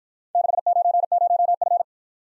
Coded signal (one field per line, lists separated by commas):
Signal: Morse code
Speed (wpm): 51 wpm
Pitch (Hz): 700 Hz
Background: none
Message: 690F